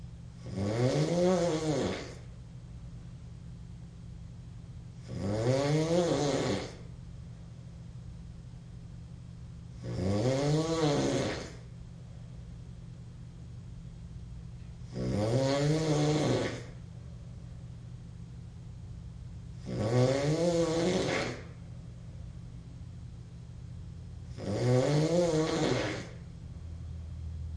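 Six loud, pitched snores come at a steady pace, about 13 a minute, each lasting a second or two with quiet breathing between. They have a nasal, buzzing, rising-and-falling tone. Obnoxious, loud nasal snoring from an adult male.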